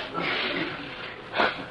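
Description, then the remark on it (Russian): A person imitates a pig's grunting with a raspy, breathy, nasal snorting sound that runs throughout, ending in one louder, harsher snort. “А потом смотришь, а это свинья.”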